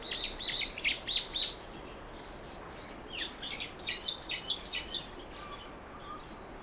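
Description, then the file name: Brown-eared bulbul calls: shrill, high notes in two series of about five each, over a steady background hiss. "hiyodori"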